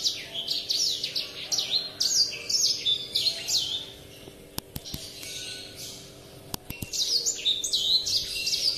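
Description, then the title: Oriental magpie-robin song of quick whistled slurs, pausing in the middle where a few sharp clicks are heard, then resuming with bright rising and falling notes. "Kicau Kacer"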